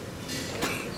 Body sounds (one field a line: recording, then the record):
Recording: coughing mixed with background sound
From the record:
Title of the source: 64 coughing, allergies, singing lungs